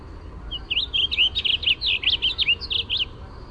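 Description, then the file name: Warbling vireo singing a single hurried phrase of twisting, slurred notes that bounce up and down for roughly two and a half seconds, with faint hiss behind. "WAVI song"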